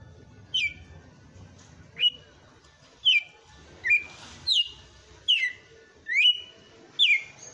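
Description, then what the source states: Red-cowled cardinal song of bright whistled notes, mostly downslurred with a few rising ones, about one per second. Female.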